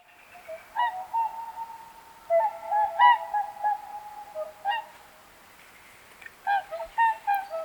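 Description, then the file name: Whooper swans calling, a series of trumpeting, bugle-like honks repeated irregularly, with quieter calls between the louder bursts. "Singschwan"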